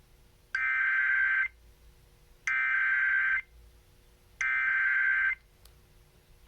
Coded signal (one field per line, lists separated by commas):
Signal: Emergency Alert System (SAME) tones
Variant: header bursts